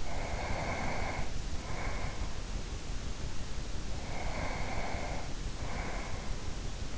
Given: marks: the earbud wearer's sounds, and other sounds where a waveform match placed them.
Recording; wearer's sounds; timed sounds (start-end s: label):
sounds in sleep by an in-ear microphone; breath
0.00-2.40 s: breath
3.89-6.53 s: breath